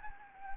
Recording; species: mosquito wingbeat signal from an infrared sensor; Anopheles gambiae